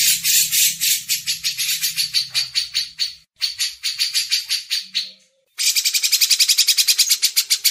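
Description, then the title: Grey-cheeked bulbul song: fast buzzy chatter with a faint low hum, brief breaks, then a quicker, more even run of pulsed notes. Masteran: training audio for songbirds. "MASTERAN CUCAK JENGGOT"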